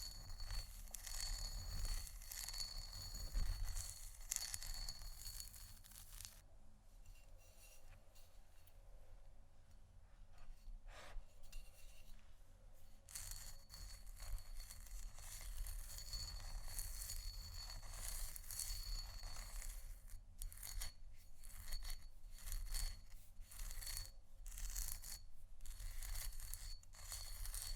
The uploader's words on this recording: ASMR Scratching & Tapping On Canisters（No Talking）.